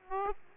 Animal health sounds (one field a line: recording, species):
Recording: mosquito wingbeat signal from an infrared sensor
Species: Aedes aegypti